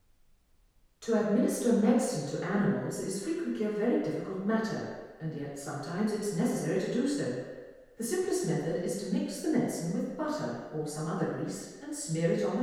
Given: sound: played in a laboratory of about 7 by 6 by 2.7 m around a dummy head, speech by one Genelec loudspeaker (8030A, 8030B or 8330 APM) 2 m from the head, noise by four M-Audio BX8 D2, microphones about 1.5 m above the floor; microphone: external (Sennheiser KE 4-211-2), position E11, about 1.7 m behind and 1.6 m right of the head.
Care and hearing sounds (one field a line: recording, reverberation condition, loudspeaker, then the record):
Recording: female speech in English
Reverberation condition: high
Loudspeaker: 60 degrees to the left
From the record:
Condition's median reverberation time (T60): about 1300 ms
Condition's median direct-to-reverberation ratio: about -4.0 dB